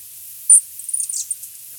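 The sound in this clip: Nelson's sparrow song: a sharp, very high note followed by a thin, hissing, sputtering buzz, brief and high-pitched over quiet background.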